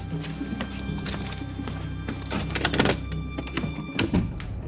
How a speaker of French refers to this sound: Fermez la porte.